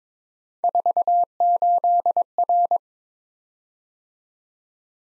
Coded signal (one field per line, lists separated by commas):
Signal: Morse code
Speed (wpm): 22 wpm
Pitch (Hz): 700 Hz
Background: none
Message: 48R